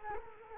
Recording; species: mosquito wingbeat signal from an infrared sensor; Culex quinquefasciatus